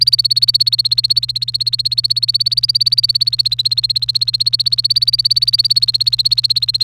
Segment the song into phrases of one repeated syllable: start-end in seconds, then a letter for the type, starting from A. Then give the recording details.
0.00-6.84 A. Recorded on 1 May 2018 at 08:53. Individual llb3